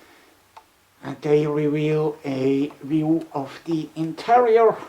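A plastic door on the toy tour SUV from the 2021 Mattel Jurassic World Tyrannosaurus Rex Escape Pack is closed against the vehicle body, giving one quiet, short tick at 0.6 s. The door clicks into place so it stays shut. Someone then talks from about 1.1 s onward.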